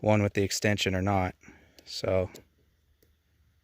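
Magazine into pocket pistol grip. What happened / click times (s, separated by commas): The part slid in and stopped without a seating click / none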